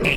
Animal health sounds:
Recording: pig call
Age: piglet (1 to 25 days)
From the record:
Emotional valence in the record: negative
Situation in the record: crushing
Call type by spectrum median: low-frequency call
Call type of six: low-frequency tonal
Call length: 0.17 s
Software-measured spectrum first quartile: 313 Hz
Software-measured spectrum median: 1491 Hz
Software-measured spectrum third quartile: 2586 Hz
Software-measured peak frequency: 2564 Hz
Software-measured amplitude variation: 90 dB a second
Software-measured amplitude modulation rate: 17.6 a second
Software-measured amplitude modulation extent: 5.1 dB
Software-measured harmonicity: 5.3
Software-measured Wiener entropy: -2.00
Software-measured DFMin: 1180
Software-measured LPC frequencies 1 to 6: 446, 2553, 3868, 4660, 7007, 7682 Hz

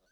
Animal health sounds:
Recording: pig call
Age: piglet (1 to 25 days)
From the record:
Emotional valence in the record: positive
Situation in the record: short reunion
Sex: male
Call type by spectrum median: low-frequency call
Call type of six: low-frequency tonal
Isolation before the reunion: 3 minutes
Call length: 0.12 s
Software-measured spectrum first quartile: 812 Hz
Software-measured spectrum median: 1994 Hz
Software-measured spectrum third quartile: 6902 Hz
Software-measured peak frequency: 1497 Hz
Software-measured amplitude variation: 47 dB a second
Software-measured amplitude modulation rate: 12.2 a second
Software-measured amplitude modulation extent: 3.9 dB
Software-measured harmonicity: 3.2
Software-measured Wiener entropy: -2.15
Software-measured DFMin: 1070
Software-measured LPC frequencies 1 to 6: 596, 1528, 3772, 4458, 6084, 7689 Hz

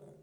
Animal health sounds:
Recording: pig call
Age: piglet (1 to 25 days)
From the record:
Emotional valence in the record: negative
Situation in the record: long isolation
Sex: male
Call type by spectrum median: low-frequency call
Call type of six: low-frequency stable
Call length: 0.22 s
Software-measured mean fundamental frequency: 48 Hz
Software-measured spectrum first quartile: 204 Hz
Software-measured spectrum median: 387 Hz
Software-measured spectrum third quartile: 615 Hz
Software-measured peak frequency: 400 Hz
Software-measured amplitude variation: 92 dB a second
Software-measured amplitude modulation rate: 24.6 a second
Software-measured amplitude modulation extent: 3.7 dB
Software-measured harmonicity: 2.1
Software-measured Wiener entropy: 0.51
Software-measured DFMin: 999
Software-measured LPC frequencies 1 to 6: 498, 3473, 6714, 8296, 9766, 12296 Hz

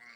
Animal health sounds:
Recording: pig call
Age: piglet (1 to 25 days)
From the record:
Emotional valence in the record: positive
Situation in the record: short reunion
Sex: male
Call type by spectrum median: low-frequency call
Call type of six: low-frequency tonal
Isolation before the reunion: 3 minutes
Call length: 0.16 s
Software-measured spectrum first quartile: 1705 Hz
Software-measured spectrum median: 2080 Hz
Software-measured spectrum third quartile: 2606 Hz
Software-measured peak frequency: 2118 Hz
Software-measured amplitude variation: 72 dB a second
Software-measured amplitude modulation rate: 15.9 a second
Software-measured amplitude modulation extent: 4.5 dB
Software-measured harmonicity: 3.9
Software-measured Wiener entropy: -1.29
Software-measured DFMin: 1105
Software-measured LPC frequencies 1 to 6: 2097, 4475, 5710, 7424, 8789, 10394 Hz

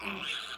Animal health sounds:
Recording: pig call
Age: piglet (1 to 25 days)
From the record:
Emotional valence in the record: negative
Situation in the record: castration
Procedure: castration, cut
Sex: male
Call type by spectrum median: low-frequency call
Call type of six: mixed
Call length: 0.58 s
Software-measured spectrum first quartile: 1103 Hz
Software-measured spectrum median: 2381 Hz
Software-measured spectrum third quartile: 3108 Hz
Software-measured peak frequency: 2688 Hz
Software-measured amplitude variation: 119 dB a second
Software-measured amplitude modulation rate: 23.3 a second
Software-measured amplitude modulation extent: 5.1 dB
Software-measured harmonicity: 1.9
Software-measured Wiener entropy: -1.11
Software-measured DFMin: 1008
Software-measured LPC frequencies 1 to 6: 1351, 2586, 3377, 4997, 6717, 9691 Hz

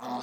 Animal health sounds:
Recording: pig call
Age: piglet (1 to 25 days)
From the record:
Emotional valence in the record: negative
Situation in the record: short isolation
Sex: male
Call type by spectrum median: low-frequency call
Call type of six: mixed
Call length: 0.22 s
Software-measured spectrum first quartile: 385 Hz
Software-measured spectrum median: 728 Hz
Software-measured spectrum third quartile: 1106 Hz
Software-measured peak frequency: 746 Hz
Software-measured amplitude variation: 68 dB a second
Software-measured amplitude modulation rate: 15.6 a second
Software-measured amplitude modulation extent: 4.3 dB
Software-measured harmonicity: 0.8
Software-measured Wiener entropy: -0.46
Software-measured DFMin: 926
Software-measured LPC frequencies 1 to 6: 777, 3523, 4331, 5146, 6183, 7953 Hz

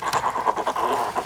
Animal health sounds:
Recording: pig call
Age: piglet (1 to 25 days)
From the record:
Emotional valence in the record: positive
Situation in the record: huddling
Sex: male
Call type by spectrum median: low-frequency call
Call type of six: low-frequency tonal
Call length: 1.26 s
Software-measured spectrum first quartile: 753 Hz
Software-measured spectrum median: 1000 Hz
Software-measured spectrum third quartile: 1496 Hz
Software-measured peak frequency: 1006 Hz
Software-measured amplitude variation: 244 dB a second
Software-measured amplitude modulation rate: 17.1 a second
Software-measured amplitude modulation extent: 14.3 dB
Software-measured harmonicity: 2.4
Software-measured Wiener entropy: -1.09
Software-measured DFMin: 683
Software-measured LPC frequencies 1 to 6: 1008, 1742, 2688, 3186, 4100, 4895 Hz

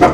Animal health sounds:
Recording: pig call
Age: growing-finishing pig (85 days or more)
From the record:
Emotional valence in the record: positive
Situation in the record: run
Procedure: transit

